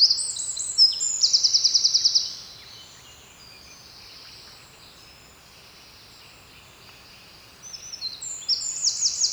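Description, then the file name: Eurasian wren with loud, fast, high-pitched trilled song phrases, a rattling burst early on and another toward the end, quiet hiss in between. "Troglodytes troglodytes"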